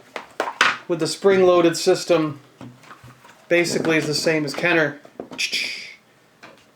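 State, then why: Not seated. A plastic toy part is handled at the spring-loaded mechanism of a Hasbro Star Wars The Force Awakens First Order Special Forces TIE Fighter toy, with a few sharp plastic taps early on while someone talks. The part has not snapped into place yet, and nothing has seated or clicked.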